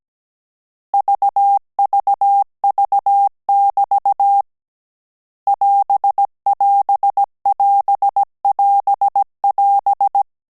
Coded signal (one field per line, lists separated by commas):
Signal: Morse code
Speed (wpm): 17 wpm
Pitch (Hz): 800 Hz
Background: none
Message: VVV<BT> <AS><AS><AS><AS><AS>